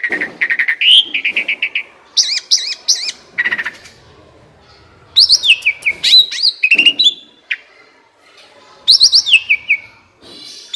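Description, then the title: Asian pied starling song in loud bursts of harsh chattering notes mixed with clear whistles and falling slurred phrases, separated by short pauses. Training recording (masteran) meant to make caged birds that sing too little or are sluggish sing more. "Masteran Jalak Suren Atasi Burung KURANG GACOR Dan LOYO"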